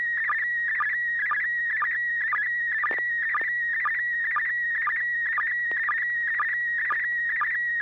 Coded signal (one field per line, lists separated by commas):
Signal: SSTV (slow-scan television)